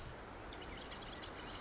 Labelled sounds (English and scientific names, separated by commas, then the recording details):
Marsh Wren (Cistothorus palustris)
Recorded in Sonoma County, California